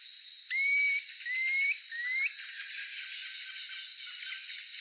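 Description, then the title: Planalto tyrannulet call of three rising whistles, the last shorter and steeper, over a steady background buzz. "LuckyPassaro Completos2Sama. Planalto Tyrannulet (Phyllomyias fasciatus)"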